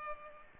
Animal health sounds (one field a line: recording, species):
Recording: mosquito wingbeat signal from an infrared sensor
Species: Culex pipiens